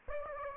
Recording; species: mosquito wingbeat signal from an infrared sensor; Aedes aegypti